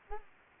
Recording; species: mosquito wingbeat signal from an infrared sensor; Aedes aegypti